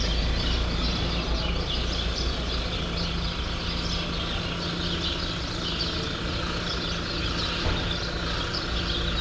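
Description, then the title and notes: Continuous sparrow chirping from a flock, short overlapping notes over a low hum and rumble. Sparrows in a grove at Rue Saint-Jean Népomucène, Brussels, Belgium; recorded with Earsight V2 AB microphones into a Mixpre-3. "Rue Saint-Jean Népomucène 13, 1000 Bruxelles, Belgique - Sparrows - Moineaux. Moineaux dans un bosquet. Sparrows in a grove"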